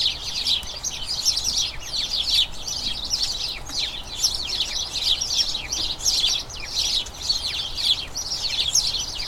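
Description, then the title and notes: House sparrow flock chattering nonstop, many quick bright chirps overlapping into an unbroken excited babble. A dozen birds, a colony in a small front garden as crocuses bloom; incessant excited chatter, a sign the colony is turning to the breeding season. "the soothing conversations of a flock of house sparrows. The happy, mesmerising chirping of a colony of house sparrows. As crocuses bloom in a small front garden, a dozen sparrows bubble with an incessant chatter full of infectious excitement – a sure sign that this little colony is turning its thoughts to the breeding season. Recorded by Fergus Collins"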